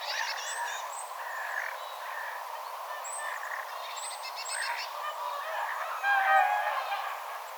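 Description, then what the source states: Tits in a flock giving buzzy, rasping note series and thin high seeps, with lower chipping notes mixed in over a steady noisy background. Tit flock vocalizing, recorded on 6 October 2025.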